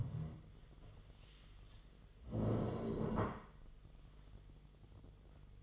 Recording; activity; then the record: daily activity, microphone in the room; stand up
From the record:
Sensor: 4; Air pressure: 1006.2 hPa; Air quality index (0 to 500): 98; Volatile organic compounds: 2 ppm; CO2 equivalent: 1218 ppm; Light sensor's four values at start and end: 12/28/11/10 and 12/28/11/10